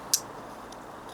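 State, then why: Seated. A Bestech Grampus G10 folding knife's blade is swung open and locks into place in the handle lock. A single sharp click at 0.1 s marks the blade snapping into its locked position, followed by only faint ticks over low background noise.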